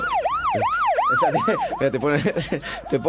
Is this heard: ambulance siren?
yes